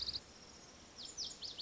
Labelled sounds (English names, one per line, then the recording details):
Lazuli Bunting
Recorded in Sonoma County, California